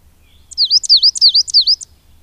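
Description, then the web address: Coal tit song, one quick high phrase of a paired note repeated about four times, swooping down and up, over a faint low hum. "agykontroll Madardalok Cd 1. Fenyves cinege"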